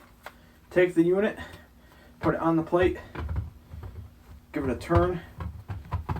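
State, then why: Seated. Someone talks while a First Alert Onelink talking smoke/carbon monoxide alarm is set on its ceiling mounting plate and turned, with scattered small handling knocks during the twist. A short, sharp click at 6.1 s shows the alarm has seated onto the plate.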